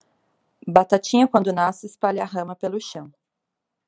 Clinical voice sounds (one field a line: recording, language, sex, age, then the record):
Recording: short text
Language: Brazilian Portuguese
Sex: female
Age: 30 to 39 years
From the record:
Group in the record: control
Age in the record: 36 years